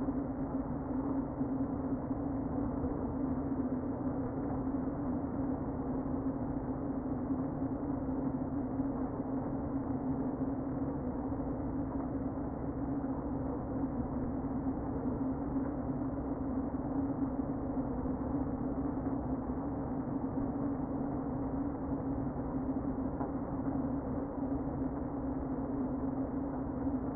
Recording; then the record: honeybee colony, microphone inside the hive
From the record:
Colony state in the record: queen present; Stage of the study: before two queens were removed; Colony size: about 60,000 bees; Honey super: yes